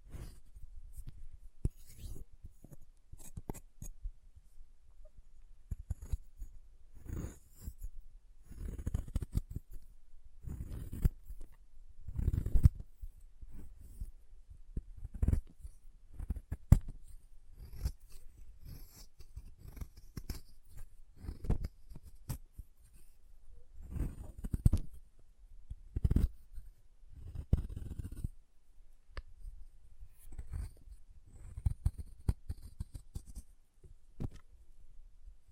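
Chalk being carved and cut, heard as a steady run of short scraping and snipping strokes that come irregularly, several per second at times. Dull low thuds mark many strokes, with brighter scratchy edges, and a few louder knocks near 12, 25 and 27 seconds.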